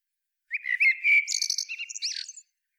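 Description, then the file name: Common blackbird song: a flowing phrase of low mellow whistles running into rapid, high chattering twitters and a final squeaky flourish. "Turdus merula"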